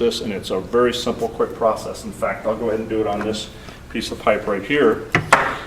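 Someone talks while handling a plastic barbed drip fitting that is about to be pushed into the wall of a black polyethylene drip irrigation pipe. Nothing has seated or clicked yet.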